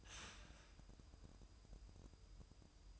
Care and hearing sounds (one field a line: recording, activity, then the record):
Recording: daily activity, microphone in the room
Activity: start toaster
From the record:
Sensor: 2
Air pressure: 988.4 hPa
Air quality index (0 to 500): 191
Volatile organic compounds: 184 ppm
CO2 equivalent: 4157 ppm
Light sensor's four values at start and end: 20/68/27/25 and 20/68/27/25